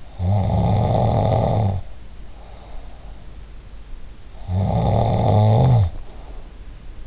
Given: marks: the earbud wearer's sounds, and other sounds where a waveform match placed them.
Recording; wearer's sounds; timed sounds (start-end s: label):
sounds in sleep by an in-ear microphone; snoring breath
0.00-3.26 s: snoring breath
4.25-6.41 s: snoring breath